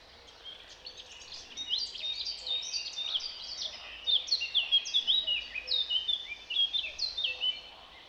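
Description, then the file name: Eurasian blackcap song, a fast scratchy warble of varied high notes that grows louder and clearer in the second half, over a faint steady background hiss. "Sylvia atricapilla"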